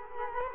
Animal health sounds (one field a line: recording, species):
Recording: mosquito wingbeat signal from an infrared sensor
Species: Culex quinquefasciatus